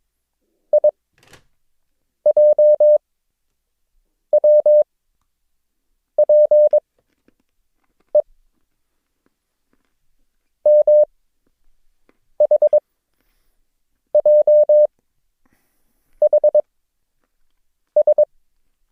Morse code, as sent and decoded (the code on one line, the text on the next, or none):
.. .--- .-- .--. . / -- .... .--- .... ...
IJWPE MHJHS